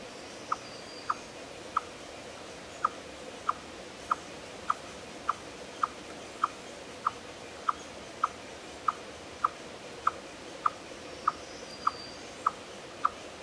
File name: Tamias striatus